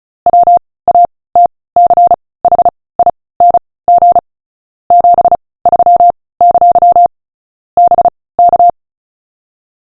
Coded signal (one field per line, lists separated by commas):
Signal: Morse code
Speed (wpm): 36 wpm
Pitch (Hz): 700 Hz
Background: none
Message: WATCHING 73! BK